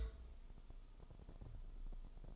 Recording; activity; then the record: daily activity, microphone in the room; take from stove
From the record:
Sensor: 5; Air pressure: 988.4 hPa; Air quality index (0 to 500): 204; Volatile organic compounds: 83 ppm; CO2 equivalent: 3628 ppm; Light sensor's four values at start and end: 48/140/55/60 and 47/138/55/59